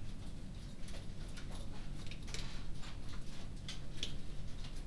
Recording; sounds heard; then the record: poultry house recording; no chicken sound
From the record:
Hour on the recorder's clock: 23